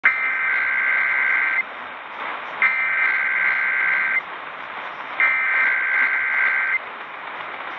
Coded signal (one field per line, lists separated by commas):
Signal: Emergency Alert System (SAME) tones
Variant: header bursts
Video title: KDKA Required Weekly Test